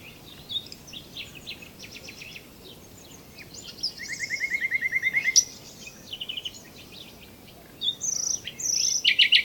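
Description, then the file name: Common nightingale song: varied high chirps and trills, then a fast, even run of repeated notes building in loudness, followed by further varied phrases and bursts. "Luscinia megarhynchos"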